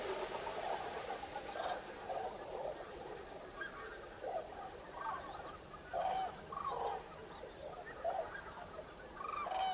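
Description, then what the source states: Common crane flock trumpeting, with loud rolling calls standing out at intervals over a continuous chorus of birds. Recorded 5 November 2018.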